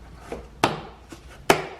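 A black plastic trim cover piece is pressed into place on the door panel of a 2012-2017 Toyota Camry XV50, its push pins snapping home. Two sharp snaps are heard at 0.6 s and 1.5 s, with faint softer knocks between them. The push pins are all seated and locked into place.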